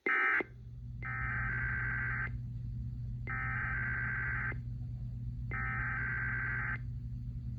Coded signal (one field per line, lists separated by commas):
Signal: Emergency Alert System (SAME) tones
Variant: header bursts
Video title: IPAWSCAP Weekly Tests & 2 Civil Alerts (EAS #892-#902)